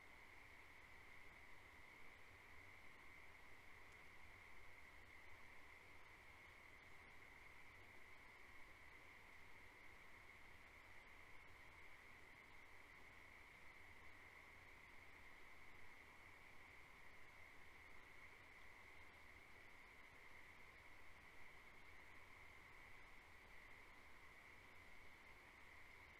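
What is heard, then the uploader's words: A frog chorus at night holds a steady, dense, high-pitched trill without pause, over a constant low rumble throughout. Farm at Night. Frog chorus fills the air. Recorded March, 2021.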